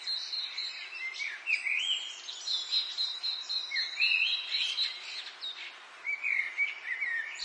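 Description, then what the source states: Busy birdsong: long high trills mixed with warbled, swooping whistles throughout. Birdsong in an English garden in the late afternoon, urban atmosphere.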